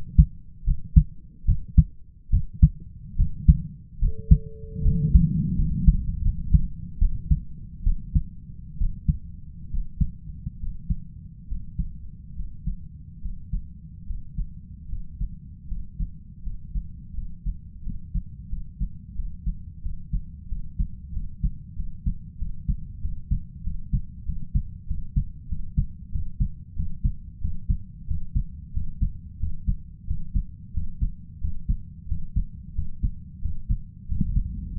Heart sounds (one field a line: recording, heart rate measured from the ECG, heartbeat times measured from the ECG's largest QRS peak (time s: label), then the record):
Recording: heart sounds by stethoscope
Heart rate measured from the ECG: 83 bpm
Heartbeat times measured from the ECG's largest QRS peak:
0.64 s: heartbeat
1.45 s: heartbeat
2.30 s: heartbeat
3.16 s: heartbeat
3.99 s: heartbeat
4.82 s: heartbeat
5.55 s: heartbeat
6.22 s: heartbeat
6.98 s: heartbeat
7.83 s: heartbeat
8.77 s: heartbeat
9.70 s: heartbeat
10.59 s: heartbeat
11.47 s: heartbeat
12.34 s: heartbeat
13.20 s: heartbeat
14.05 s: heartbeat
14.87 s: heartbeat
15.66 s: heartbeat
16.41 s: heartbeat
17.13 s: heartbeat
17.81 s: heartbeat
18.48 s: heartbeat
19.14 s: heartbeat
19.81 s: heartbeat
20.47 s: heartbeat
21.12 s: heartbeat
21.75 s: heartbeat
22.37 s: heartbeat
23.00 s: heartbeat
23.63 s: heartbeat
24.25 s: heartbeat
24.86 s: heartbeat
25.48 s: heartbeat
26.11 s: heartbeat
26.75 s: heartbeat
27.40 s: heartbeat
28.07 s: heartbeat
28.73 s: heartbeat
29.39 s: heartbeat
30.06 s: heartbeat
30.73 s: heartbeat
31.40 s: heartbeat
32.07 s: heartbeat
32.74 s: heartbeat
33.41 s: heartbeat
34.08 s: heartbeat
34.74 s: heartbeat
From the record:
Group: healthy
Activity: rest 0-4 s, Valsalva maneuver 4-34 s, rest 34-35 s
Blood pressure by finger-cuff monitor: 103/65 mmHg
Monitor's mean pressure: 74 mmHg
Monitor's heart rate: 89 bpm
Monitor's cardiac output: 5.5 L/min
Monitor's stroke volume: 62 mL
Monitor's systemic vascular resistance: 960 dyn s/cm5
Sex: male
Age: 20 years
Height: 167 cm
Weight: 61 kg